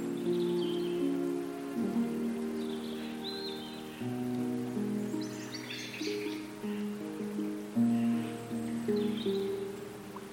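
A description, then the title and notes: Gentle music plays over forest sounds, with sustained low notes shifting every couple of seconds beneath a soft plucked melody. A faint hiss of light rain or flowing water runs throughout, and small bright chirps flicker in the background around the middle and near the end. Elven cafe in the forest | relaxing fantasy harp | gentle water flowing | light raindrops. Gentle sound of running stream. Forest sounds w/music.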